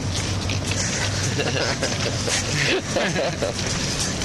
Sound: laughter

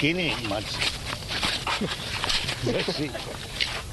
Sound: laughs

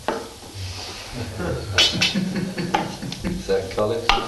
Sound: laughter

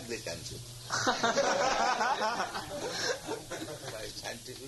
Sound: laughter

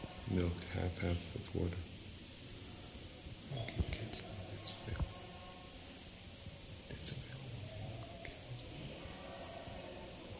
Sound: some whispered discussion

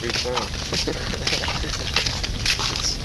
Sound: laughter

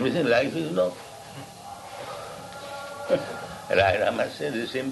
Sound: laughs

